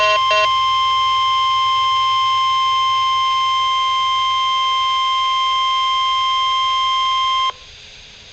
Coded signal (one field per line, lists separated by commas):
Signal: Emergency Alert System (SAME) tones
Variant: 1050 Hz attention tone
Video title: NOAA - RWTs (EAS #1,508 - 1,509)